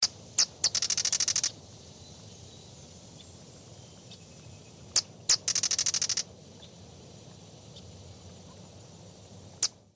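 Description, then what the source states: Small bird giving sharp chips and two fast, high ticking trills, each lasting under a second, over a low background rumble. Described as a chippy brown bird.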